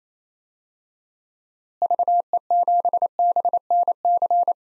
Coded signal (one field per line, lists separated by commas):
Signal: Morse code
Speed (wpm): 28 wpm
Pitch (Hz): 700 Hz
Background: none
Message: VE7BNC